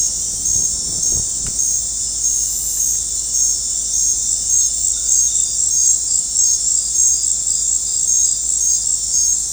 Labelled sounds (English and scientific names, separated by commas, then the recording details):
none
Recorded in dense forest near Puerto Asís, Putumayo, Colombia, on 20 December 2024 at 19:00
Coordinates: 0.481, -76.323
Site G100